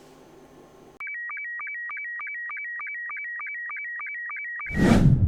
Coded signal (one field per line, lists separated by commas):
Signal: SSTV (slow-scan television)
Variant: Robot 72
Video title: Club Talk - Calderdale Radio Volunteers - 10/06/2025